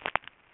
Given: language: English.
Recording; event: throat vibration sensor signal played as sound; swallow